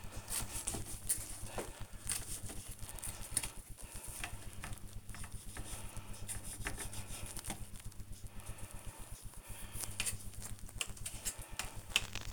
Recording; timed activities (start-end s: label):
household activities, microphone on the right wrist
0.00-12.33 s: cutting vegetables